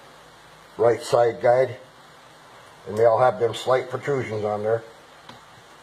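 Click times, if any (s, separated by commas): none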